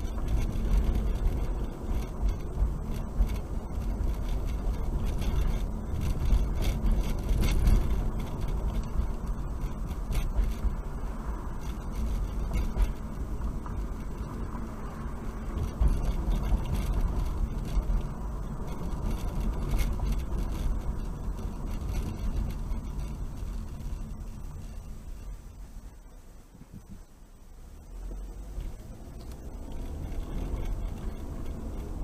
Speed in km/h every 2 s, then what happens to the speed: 31, 35, 39, 40, 40, 40, 40, 42, 42, 40, 34, 27, 16, 6, 13, 24.
0-6 speeds up to 40. 6-17 steady at about 40. 17-26 brakes to 6. 27-32 speeds up to 24.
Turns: none.